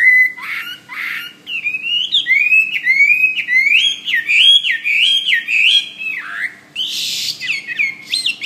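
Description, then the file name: Hwamei delivering loud, rolling whistled phrases with upward slides and abrupt downward sweeps, mixed with a few harsh, scratchy bursts. "omkicau hwamey"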